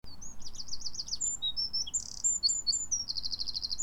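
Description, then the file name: Eurasian wren song: a loud, rapid, high-pitched outpouring of trills and sharp notes, with a fast rattling trill near the end, over low background rumble. "Troglodytes troglodytes"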